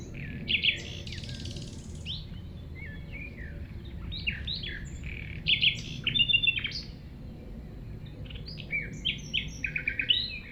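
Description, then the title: Common nightingale song of varied chirps, harsh bursts and short whistled notes, coming in irregular phrases over a constant low rumble. At 195 Rue de Vars, Chindrieux, France; recordist approached the singing nightingale on foot through tall grass; while singing it is deaf to outside noise. "195 Rue de Vars, 73310 Chindrieux, France - approche d'un rossignol"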